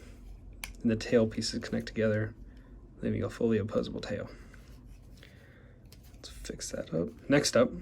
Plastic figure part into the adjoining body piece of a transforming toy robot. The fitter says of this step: connect the piece together here a little click